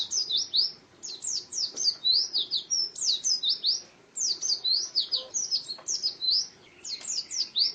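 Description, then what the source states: White-eye song of quick, high-pitched slurred whistles strung into lively twittering phrases, broken by short silences. Singing described as super gacor.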